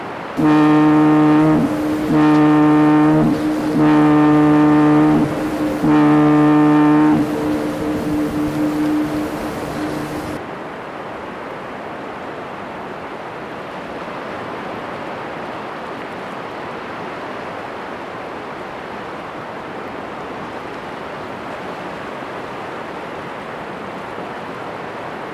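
The North Sea at night. A deep horn sounds in four short blasts, then holds one long tone until about ten seconds, over a steady rush of water. After that only the even, dense wash of the sea remains, barely changing to the end.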